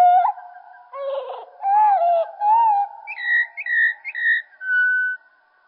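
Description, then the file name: Common blackbird song, slowed: mellow, low whistled phrases with a brief rough burst, followed by a few higher short notes and one steady closing whistle. Song slowed down. "Merle Et Merle Au Ralenti Merle noir ralenti"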